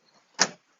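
A plastic push-pin fastener on the front air-deflector trim of a Ford F150 truck, suspected stripped, is worked with a Phillips screwdriver while needle-nose pliers press from behind. A few faint taps give way to one sharp, bright pop at 0.4 s that fades quickly. The push-pin is released and comes free of the trim.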